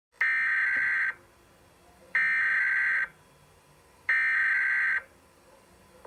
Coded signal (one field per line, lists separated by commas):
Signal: Emergency Alert System (SAME) tones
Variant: header bursts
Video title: EAS scenario:￼ it lurks in the darkness